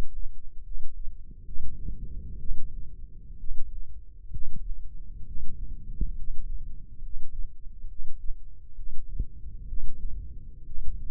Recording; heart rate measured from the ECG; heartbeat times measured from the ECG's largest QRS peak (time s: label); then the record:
heart sounds by microphone in the left ear; 66 bpm
0.62 s: heartbeat
1.44 s: heartbeat
2.37 s: heartbeat
3.37 s: heartbeat
4.31 s: heartbeat
5.24 s: heartbeat
6.15 s: heartbeat
7.01 s: heartbeat
7.87 s: heartbeat
8.74 s: heartbeat
9.66 s: heartbeat
10.64 s: heartbeat
From the record:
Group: healthy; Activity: rest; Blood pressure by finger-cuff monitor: 124/71 mmHg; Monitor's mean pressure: 87 mmHg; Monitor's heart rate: 66 bpm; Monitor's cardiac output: 7.5 L/min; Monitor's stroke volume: 110 mL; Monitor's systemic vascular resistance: 850 dyn s/cm5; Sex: male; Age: 23 years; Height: 178 cm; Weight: 96.6 kg